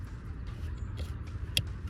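The gray plug of a My Key Premium remote-start wiring harness is pushed into its matching gray connector while installing it in a Hyundai Kona, making sure it clicks all the way. A low, steady rumble runs under faint shuffling handling noises, then a single sharp click at 1.6 s marks the latch seating. The connector is confirmed fully seated.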